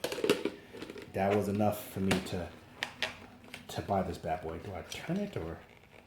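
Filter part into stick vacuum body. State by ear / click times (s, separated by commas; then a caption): not seated / none. Someone talks while handling a plastic filter or cyclone part at the body of a MOOSOO K24 stick vacuum, unsure whether it needs to be twisted in, with a few short sharp handling taps near 2.8 s and 3.0 s. Nothing has seated or clicked yet when the clip ends.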